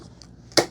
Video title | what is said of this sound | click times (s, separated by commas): Narwal Freo Z10 – 3 Month Real World Test… Did It Earn Dad Approved? 🤔 | And then line it up. It should snap into place. | 0.6 s